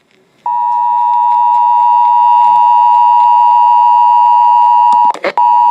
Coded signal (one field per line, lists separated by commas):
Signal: Emergency Alert System (SAME) tones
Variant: 853 and 960 Hz attention tone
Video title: Shasta's RMT (EAS #3468-3484)